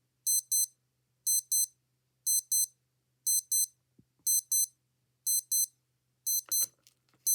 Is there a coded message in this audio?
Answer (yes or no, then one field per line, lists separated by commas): no